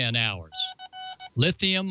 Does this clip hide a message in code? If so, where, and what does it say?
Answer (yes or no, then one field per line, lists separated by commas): no